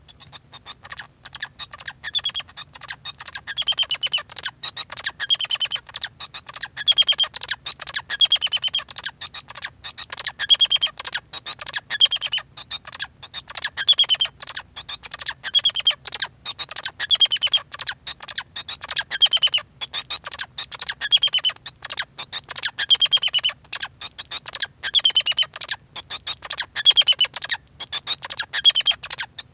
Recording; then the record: song of a male Bengalese finch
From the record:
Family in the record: son of father 2